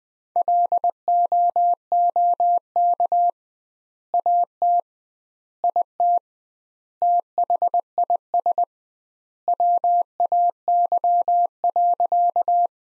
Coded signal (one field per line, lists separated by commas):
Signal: Morse code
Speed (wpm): 21 wpm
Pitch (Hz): 700 Hz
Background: none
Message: LOOK AT IT THIS WAY.